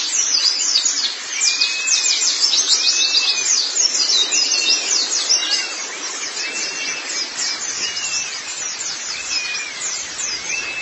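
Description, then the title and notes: White-eye song: fast, high-pitched twittering chatter, with a lower arched whistled note recurring in the background. Chirping song. "Kicauan Burung Pleci Durasi Panjang. Suara kicauan burung pleci"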